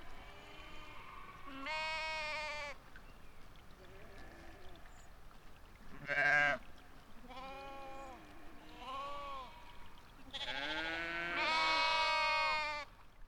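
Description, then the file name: Sheep bleating, several wavering bleats of different pitches from more than one animal, with quieter gaps between them and a long loud bleat near the end. Val d'Ajol. "moutons val dajol"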